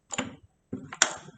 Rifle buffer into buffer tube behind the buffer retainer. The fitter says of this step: push it in with your thumb until you hear it click into place